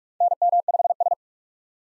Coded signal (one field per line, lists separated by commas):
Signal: Morse code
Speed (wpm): 46 wpm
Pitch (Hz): 700 Hz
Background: none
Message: NM5S